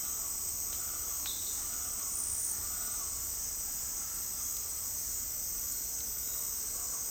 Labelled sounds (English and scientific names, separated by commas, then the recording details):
Speckled Chachalaca (Ortalis guttata)
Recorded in dense forest near Puerto Asís, Putumayo, Colombia, on 20 February 2024 at 08:00
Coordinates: 0.485, -76.318
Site G6408